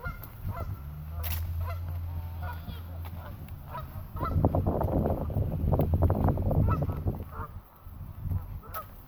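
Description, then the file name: Goose: geese honking in a loose chorus, building to a denser burst midway, over heavy low wind rumble. "windgeese"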